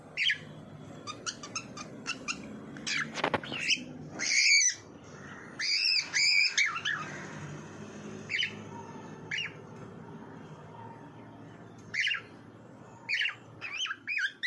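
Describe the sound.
Bird calls, scattered short whistled notes and chirps with a few sharp clicks, and a louder burst of whistles midway.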